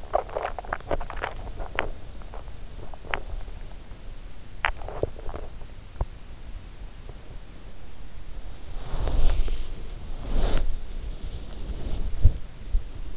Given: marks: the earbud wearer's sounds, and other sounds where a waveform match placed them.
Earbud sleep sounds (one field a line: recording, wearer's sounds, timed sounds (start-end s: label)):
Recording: sounds in sleep by an in-ear microphone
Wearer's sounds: teeth grinding, body movement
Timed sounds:
0.00-6.48 s: teeth grinding
8.16-13.17 s: body movement